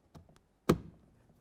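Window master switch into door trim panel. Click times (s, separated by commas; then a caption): 0.7 s. A power window master switch with plastic locking tabs is slid down into the door trim panel opening on a 2009-2020 Dodge Journey. Two faint taps sound at about 0.2 s and 0.4 s, then one sharp, loud click at 0.7 s that rings briefly and fades. The switch snaps in fully seated and sits perfectly in the trim.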